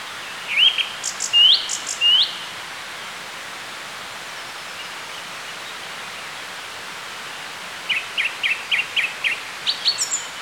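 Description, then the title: Song Thrush song: a clear upswept phrase given three times, a pause, then a fast series of short sharp notes and a final high pair of notes. "Sylvain Jaskowiak - Mes piafs. Grive musicienne"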